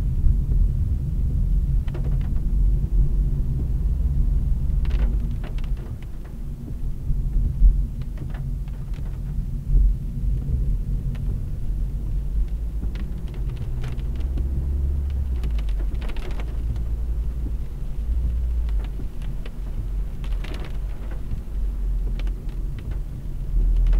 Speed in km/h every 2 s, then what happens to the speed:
21, 34, 36, 27, 22, 32, 31, 35, 38, 43, 44, 44.
0-3 speeds up to 36. 3-8 slows to 22. 8-18 speeds up to 43. 18-24 steady at about 44.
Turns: 4-12.